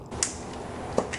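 On a 2003 Honda Civic Hybrid, the plastic wiring connector of an oxygen sensor is pulled apart from the engine wiring harness in the engine bay. A sharp snap at 0.2 s marks the release, and a second short hit follows at 1.0 s. The connector comes free and is unplugged.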